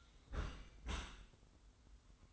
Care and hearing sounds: daily activity, microphone in the room; close dishwasher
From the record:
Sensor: 3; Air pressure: 990.4 hPa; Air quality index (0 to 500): 193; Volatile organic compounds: 1000 ppm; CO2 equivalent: 6309 ppm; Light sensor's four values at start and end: 36/85/34/33 and 36/84/34/33

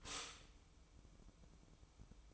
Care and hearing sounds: daily activity, microphone in the room; stop toaster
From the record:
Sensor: 1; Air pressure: 1007.1 hPa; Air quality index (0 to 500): 72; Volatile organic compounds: 1 ppm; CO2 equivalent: 651 ppm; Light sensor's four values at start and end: 9/22/9/10 and 9/22/9/10

